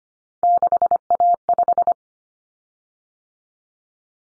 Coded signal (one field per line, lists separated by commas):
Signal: Morse code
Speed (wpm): 25 wpm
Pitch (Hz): 700 Hz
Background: none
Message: 6A5